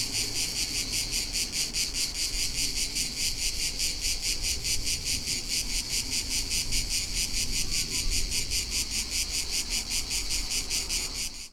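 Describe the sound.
Cicada chorus: continuous high-pitched rasping buzz with regular rhythmic pulsing, low rumbling noise underneath.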